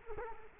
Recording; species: mosquito wingbeat signal from an infrared sensor; Culex quinquefasciatus